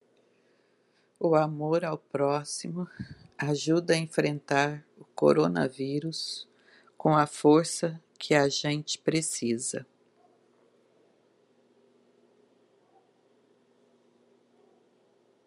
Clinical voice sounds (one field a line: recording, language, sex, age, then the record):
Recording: spoken sentence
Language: Brazilian Portuguese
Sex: female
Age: 50 to 59 years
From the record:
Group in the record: control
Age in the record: 58 years